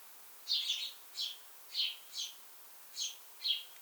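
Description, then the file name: House sparrow chirps, six rough, slightly buzzy notes over about three seconds against a soft hissing background. "Passer domesticus"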